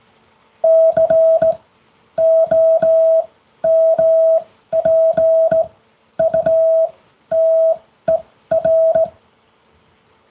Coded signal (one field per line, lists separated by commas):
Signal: Morse code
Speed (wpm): 18 wpm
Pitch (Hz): 650 Hz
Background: none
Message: COMPUTER